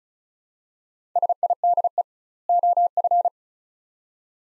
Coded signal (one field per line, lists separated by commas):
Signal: Morse code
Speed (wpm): 36 wpm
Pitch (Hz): 700 Hz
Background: none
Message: SIDE OF